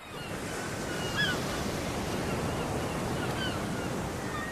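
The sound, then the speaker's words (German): Steady ocean surf washes continuously beneath a pier in Los Angeles where cormorants and pelicans stand, a broad hissing roar with a faint wind rumble, while a few thin bird calls chirp faintly above it. “Ich stehe auf einem Pier neben Kormoranen und Pelikanen. Vor mir das Meer.”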